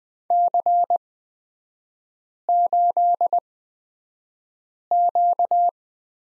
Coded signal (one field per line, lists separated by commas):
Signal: Morse code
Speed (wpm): 20 wpm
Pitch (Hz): 700 Hz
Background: none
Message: C8Q